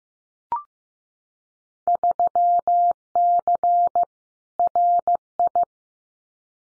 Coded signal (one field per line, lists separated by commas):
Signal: Morse code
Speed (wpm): 15 wpm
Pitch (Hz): 700 Hz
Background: none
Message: 3C RI